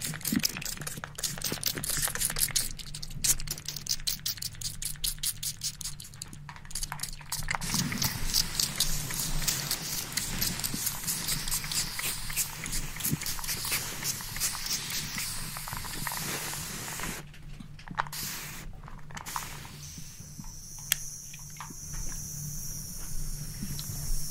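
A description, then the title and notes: A barbershop spray bottle fires rapid, tightly packed hissing bursts, merging into a steady bright spray with brief pauses near eighteen seconds. Ultra Fast RAW Barbershop SPRAY Bottle Sounds.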